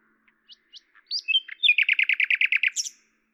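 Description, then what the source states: Common nightingale song: a few soft thin notes, then a loud fast series of about a dozen repeated rich notes ending in a high flourish. Lavours, France, 10 May 1998; recorded with a Tascam DAP-1 and a Télingua microphone, edited in Samplitude 5.1.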